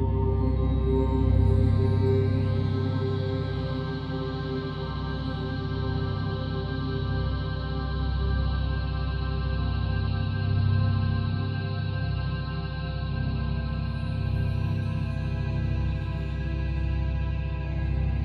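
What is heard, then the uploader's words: Binaural beats hum as a steady, layered low drone with faint ringing overtones, holding an even, unbroken level throughout without distinct events. Binaural Beats for headache relief.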